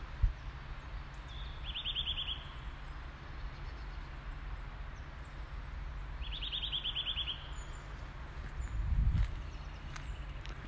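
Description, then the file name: Eurasian nuthatch gives two quick bursts of repeated piping notes a few seconds apart, with steady low background rumble and a brief thud. "Sitta europaea"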